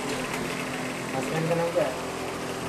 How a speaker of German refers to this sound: Unter surrenden Ventilatoren tippen zwei Angestellte fleißig an ihren Rechnern. Sie erfassen jeden Tag die Daten von bis zu 150 Personen.